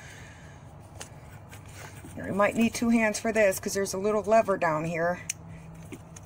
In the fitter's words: you hear that click right